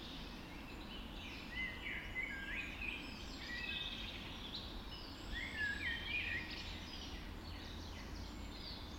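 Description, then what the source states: Dawn chorus, several birds singing rapid warbling phrases in bursts, overlapping whistles over a low rumble. Dawn chorus recorded just after dawn in the Forest of Dean.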